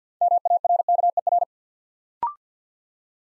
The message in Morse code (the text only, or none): MARKER